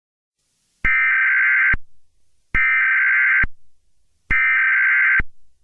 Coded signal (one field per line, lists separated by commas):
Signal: Emergency Alert System (SAME) tones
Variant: header bursts